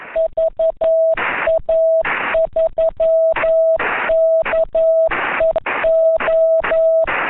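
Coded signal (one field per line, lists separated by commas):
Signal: Morse code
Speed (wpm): 11 wpm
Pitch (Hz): 650 Hz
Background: none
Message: VA3KEO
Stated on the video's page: CW sent by net control during a simulated emergency test net on 7.130 MHz, 300 W into a vertical antenna, with CW at 10 and 15 WPM.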